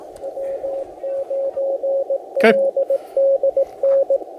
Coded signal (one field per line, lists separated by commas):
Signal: Morse code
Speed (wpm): 17 wpm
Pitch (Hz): 550 Hz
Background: speech, radio noise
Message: W9LDN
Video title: Morse Code POTA Activation from Pinnacles National Park